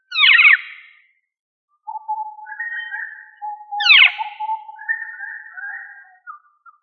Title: manok ostrali